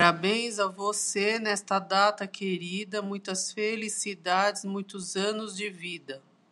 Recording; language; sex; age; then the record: short text; Brazilian Portuguese; female; 40 to 49 years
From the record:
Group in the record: control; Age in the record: 48 years